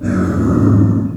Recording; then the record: squeal of a Yucatan mini pig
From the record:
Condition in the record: after surgery on the right vocal fold (resection and tissue-engineered implant); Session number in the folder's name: 7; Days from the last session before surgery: 47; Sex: female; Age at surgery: 19 weeks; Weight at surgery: 25 kg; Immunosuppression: prednisolone